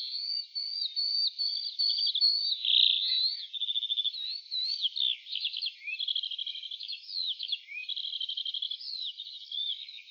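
Lark song, high rapid trills alternating with whistled slurs and buzzy phrases in a continuous, slightly varied flow.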